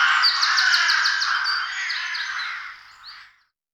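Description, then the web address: Rook: a harsh, dense cawing sound, continuous for about three seconds before fading out. "Przyroda Ptaki Gawron"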